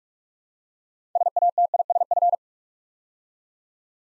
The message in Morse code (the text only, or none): SATISF